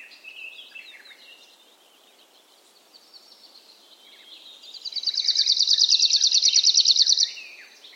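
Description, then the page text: Arctic warbler singing a dry, ringing trill of quick repeated notes for over two seconds, preceded by soft, varied twittering. Rare bird, often heard singing in impenetrable forest thickets; the song is an even ringing or trilling sound. "Lapinuunilinnun äänitti Lauri Hallikainen. Kultasointu"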